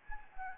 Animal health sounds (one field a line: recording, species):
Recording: mosquito wingbeat signal from an infrared sensor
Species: Anopheles gambiae